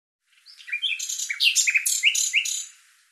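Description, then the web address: Bird song: a single lively phrase of varied chirps and repeated downslurred whistles. "Deverinetal 2025"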